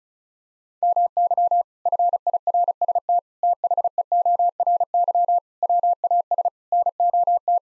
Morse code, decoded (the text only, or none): MY FIRST THEORY WAS NOT